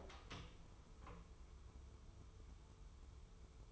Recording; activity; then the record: daily activity, microphone in the room; open door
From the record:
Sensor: 1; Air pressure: 1015.1 hPa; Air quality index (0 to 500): 98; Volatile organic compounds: 2 ppm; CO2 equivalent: 1312 ppm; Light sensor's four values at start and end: 14/33/14/15 and 14/33/14/15